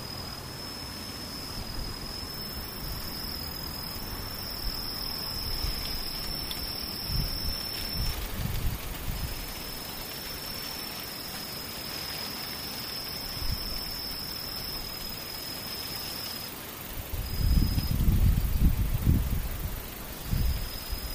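Insects sing in a thin, high, steady trill that runs almost unbroken, pausing briefly around 8 and 16 seconds. Underneath, a low rumble and soft rustling fill the background, swelling into louder, closer thumps and handling noise from about 17 to 20 seconds.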